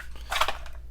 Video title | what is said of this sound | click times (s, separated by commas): THE TAKUMITAK ALERT FIXED BLADE IS AN ABSOLUTE BEAST! 🔥⚔️🔥 | your knife comes out of that sheath with ease and you've got that nice audible click that you want | 0.4 s